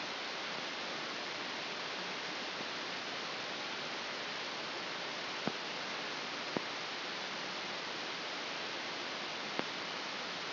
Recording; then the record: brain microelectrode recording played as sound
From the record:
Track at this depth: inside the subthalamic nucleus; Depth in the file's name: 6.309 mm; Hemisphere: left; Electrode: 2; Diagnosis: Parkinson's disease